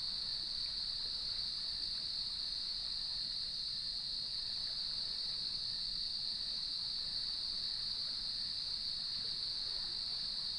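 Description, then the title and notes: Crickets trilling together in one unbroken high-pitched drone, even in loudness throughout, over a faint low rumble like surf. Evening chorus at sunset on the beach of Lighthouse West Natural Area, Leelanau Peninsula, beside gnarled cedar trees, waves in the background. "Sounds of Leelanau Peninsula: Lighthouse West Natural Area. Nature is my Jam. As I approached the beach, the sun was just setting, and the crickets made themselves known"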